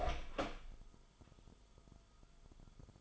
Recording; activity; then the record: daily activity, microphone in the room; open door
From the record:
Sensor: 5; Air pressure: 1005.1 hPa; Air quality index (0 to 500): 88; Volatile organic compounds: 2 ppm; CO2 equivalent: 1070 ppm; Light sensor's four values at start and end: 35/81/32/31 and 35/80/32/31